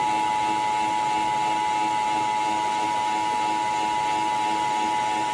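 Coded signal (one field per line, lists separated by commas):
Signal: Emergency Alert System (SAME) tones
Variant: 853 and 960 Hz attention tone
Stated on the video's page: Required monthly test from Shasta.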